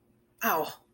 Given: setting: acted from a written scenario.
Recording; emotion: vocal sound without words; pain